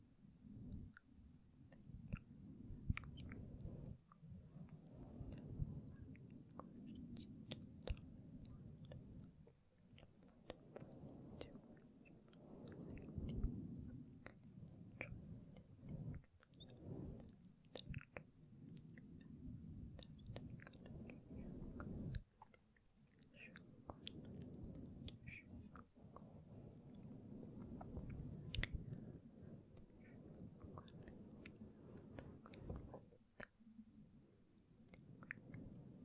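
Soft mouth and mic sounds fill the recording: a murmur of inaudible whispering runs low and breathy, with frequent small clicks and taps from gentle handling of the microphone. Brief pauses around ten and twenty-two seconds break the otherwise steady texture.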